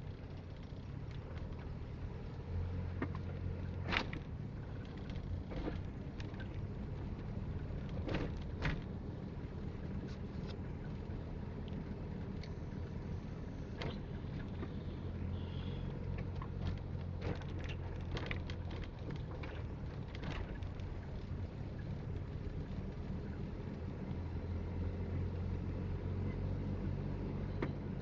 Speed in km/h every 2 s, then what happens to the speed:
11, 13, 16, 18, 17, 17, 16, 11, 10, 13, 19, 20, 21, 20.
0-5 speeds up to 18. 5-11 steady at about 17. 11-16 slows to 10. 16-23 speeds up to 21.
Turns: none.